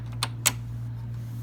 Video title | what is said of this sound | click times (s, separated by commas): How to clean your sewing machine | will snap into place so this is a little tricky to get in the | 0.5 s